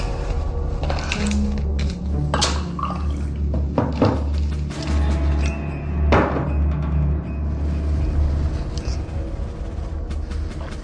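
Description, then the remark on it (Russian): Water is poured into a glass, a gurgling trickle broken by a few sharp clinks and thunks, with a steady low hum running underneath throughout. “Воды налей.”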